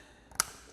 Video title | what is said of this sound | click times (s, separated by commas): AR Blue 1600psi 1.4gpm electric pressure washer - Unboxing & Review | and it snaps into place and that's all you have to do | 0.4 s